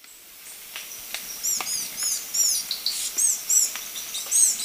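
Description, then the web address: Glistening-green tanager calling with sharp, very high, slurred notes repeated several times a second in irregular runs over a steady low hum. Recorded in Ecuador. "Natures Songs S America Birds of Ecuador Glistening-green Tanager"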